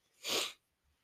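One abrupt, hissing sneeze lasting about half a second from an adult man who is still very mucusy and phlegmy, followed by quiet.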